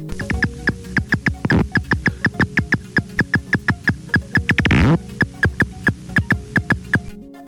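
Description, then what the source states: Silver-haired bat echolocation made audible: a steady train of dry clicking pulses, with two brief buzzy bursts. Echolocation calls recorded with a bat detector and converted into a frequency range audible to humans.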